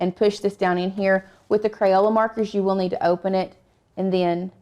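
A Crayola plastic felt-tip marker is being handled at the opened accessory pen clamp of a Cricut craft cutting machine, about to be pushed down into it, while someone talks throughout. Nothing has seated or clicked yet.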